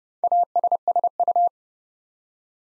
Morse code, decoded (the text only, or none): ASSU